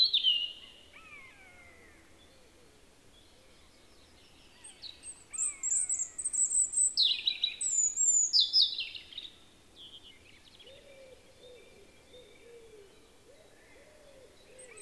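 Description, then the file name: European robin song: thin high notes and descending slurs at the start, then a loud warbling burst in the middle. "Erithacus rubecula"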